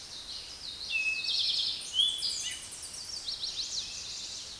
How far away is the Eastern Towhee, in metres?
about 15 m